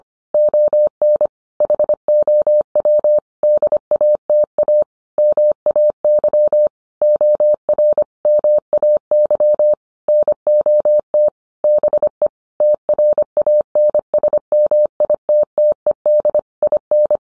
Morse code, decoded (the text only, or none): ON HOW DATA MAY OR MAY NOT BE TRANSMITTED IN